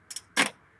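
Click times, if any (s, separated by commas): 0.1 s, 0.2 s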